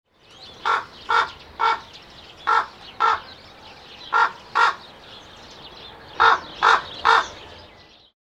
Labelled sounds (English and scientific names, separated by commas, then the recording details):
Common Raven (Corvus corax)
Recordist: Tembrock, Günter
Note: Rufe